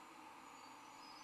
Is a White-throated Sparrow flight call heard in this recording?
no